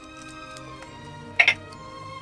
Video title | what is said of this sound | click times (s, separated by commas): This Is The Way to Use the Hasbro Star Wars Power Crystal Lightsaber | Did you hear it? Click, click. Like you're removing the kyber crystals. | 1.4 s, 1.5 s